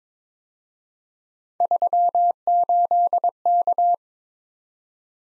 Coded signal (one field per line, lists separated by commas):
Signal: Morse code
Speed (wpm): 28 wpm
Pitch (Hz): 700 Hz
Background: none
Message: 38K